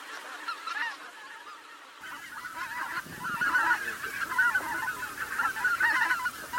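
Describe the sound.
Bird calls: a noisy chorus of overlapping honking and squawking notes, building after a couple of seconds into a dense, continuous clamour.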